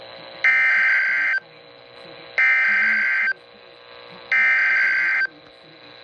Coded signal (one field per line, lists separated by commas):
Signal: Emergency Alert System (SAME) tones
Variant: header bursts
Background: speech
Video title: High Wind Warning NOAA Weather Radio (3/31/23)